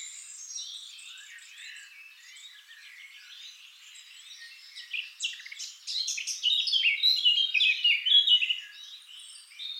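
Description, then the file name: Eurasian blackcap giving a quiet, scratchy warble that builds after about five seconds into a louder passage of bright, varied fluty phrases. "Sylvia atricapilla"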